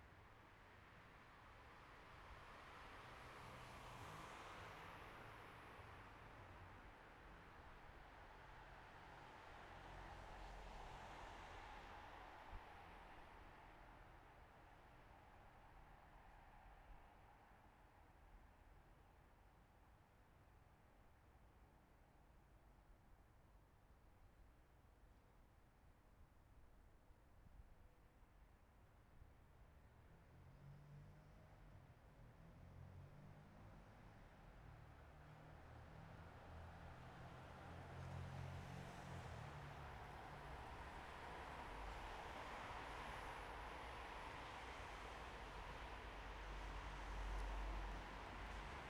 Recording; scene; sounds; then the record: everyday scene through a hearing-aid microphone; in traffic; traffic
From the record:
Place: bus stop on a city main road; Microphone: behind the ear, right, rear